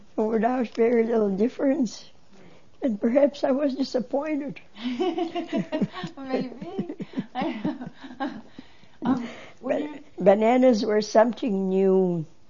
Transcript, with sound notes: without very little difference. And perhaps I was disappointed. (They laugh.) Bananas were something ne.